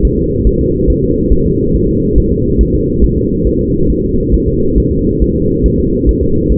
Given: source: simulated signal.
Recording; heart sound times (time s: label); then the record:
fetal heart sounds
0.05 s: S1
0.19 s: S2
0.47 s: S1
0.61 s: S2
0.90 s: S1
1.04 s: S2
1.33 s: S1
1.46 s: S2
1.75 s: S1
1.89 s: S2
2.18 s: S1
2.32 s: S2
2.61 s: S1
2.75 s: S2
3.04 s: S1
3.18 s: S2
3.47 s: S1
3.61 s: S2
3.90 s: S1
4.04 s: S2
4.34 s: S1
4.48 s: S2
4.78 s: S1
4.92 s: S2
5.22 s: S1
5.36 s: S2
5.66 s: S1
5.80 s: S2
6.09 s: S1
6.23 s: S2
6.52 s: S1
From the record:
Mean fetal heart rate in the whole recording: 140 bpm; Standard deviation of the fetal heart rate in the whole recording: 2 bpm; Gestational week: 34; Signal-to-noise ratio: -15.3 dB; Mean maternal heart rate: 72 bpm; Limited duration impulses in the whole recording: present